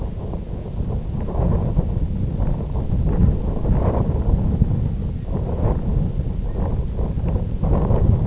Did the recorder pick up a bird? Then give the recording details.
no. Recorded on Arctic tundra, site IGLO-F, on 18 June 2018. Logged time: 22:00